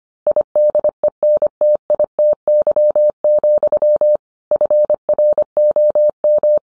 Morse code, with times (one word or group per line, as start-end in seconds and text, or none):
0.3-4.2 IDENTITY,
4.5-6.6 FROM